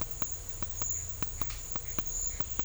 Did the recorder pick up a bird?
no